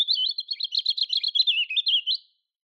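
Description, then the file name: European robin song, a rapid run of thin, warbling, wavering high notes lasting about two seconds, ending abruptly, with no other sounds. "Erithacus rubecula"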